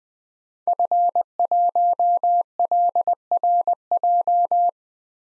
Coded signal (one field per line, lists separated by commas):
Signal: Morse code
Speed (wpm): 20 wpm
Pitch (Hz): 700 Hz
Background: none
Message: F1LRJ